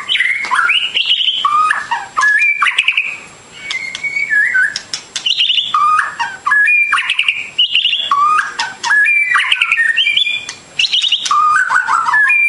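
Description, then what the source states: Bird song of fast, varied whistled phrases that rise and fall, repeated in tight bursts with short breaks, over a faint steady high hum. Complete masteran birdsong for training.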